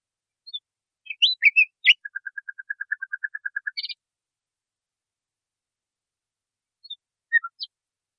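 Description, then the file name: Nightingale song: a few sharp chirps, then a fast even series of about fifteen clipped notes, a brief high flourish, silence, and a last short phrase. Training recording (masteran) used to teach singing to caged birds. "suara masteran nightingale"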